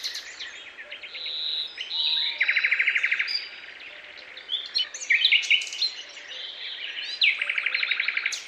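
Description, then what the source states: Birds chirp and trill together, with two bright, fast rattling trills and many varied high twittering notes between them. Chirping birds in a forest, described as peaceful.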